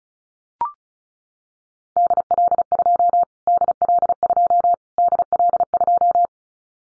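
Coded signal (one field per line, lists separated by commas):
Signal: Morse code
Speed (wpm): 34 wpm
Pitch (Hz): 700 Hz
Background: none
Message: DL2 DL2 DL2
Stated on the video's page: Morse code drill at 35 wpm of callsign prefixes for the top 25 DXCC entities, each prefix sent three times, then spoken, then sent again, for head-copy practice.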